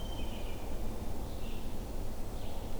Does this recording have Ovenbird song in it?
no